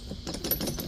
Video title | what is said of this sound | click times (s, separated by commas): NEW GEN-Y Towing PRODUCTS! Plus a BIG SHOP UPGRADE! | it locks in place | 0.5 s